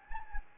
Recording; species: mosquito wingbeat signal from an infrared sensor; Anopheles gambiae